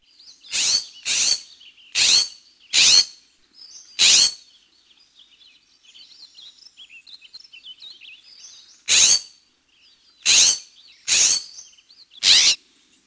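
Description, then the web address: Scrub jay harsh calls: loud rasping shrieks, four in quick succession then a fifth, a pause with faint soft chatter, then four more rasps. North America. "Peterson North American Birds. scja"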